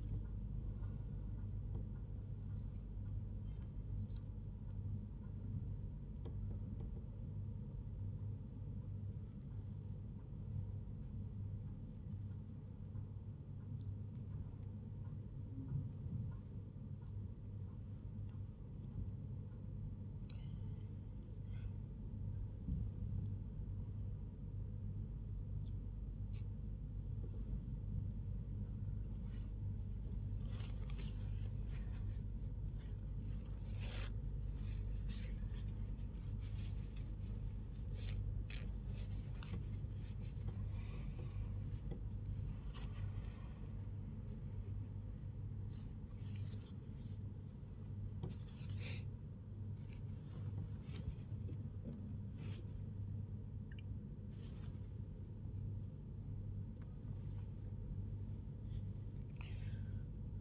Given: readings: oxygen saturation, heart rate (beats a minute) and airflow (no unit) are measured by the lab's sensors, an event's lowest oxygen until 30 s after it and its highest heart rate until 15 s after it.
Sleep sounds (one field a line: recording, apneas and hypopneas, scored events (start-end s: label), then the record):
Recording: a person awake in a sleep study, by a smartphone at the bedside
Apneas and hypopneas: none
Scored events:
none scored
From the record:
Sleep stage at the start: awake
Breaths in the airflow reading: 20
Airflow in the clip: -0.7 to 0.6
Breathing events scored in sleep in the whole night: 158 in 7.3 hours asleep